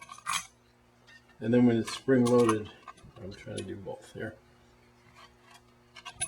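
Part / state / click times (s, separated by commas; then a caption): spring-loaded depth guide into router dovetail jig / seated / 6.2 s. Someone talks while dropping a spring-loaded depth guide into its slot on a Porter Cable router dovetail jig, with a few light metallic clinks of handling near the start. The guide locks into place at the right depth with a single sharp tick at 6.2 s.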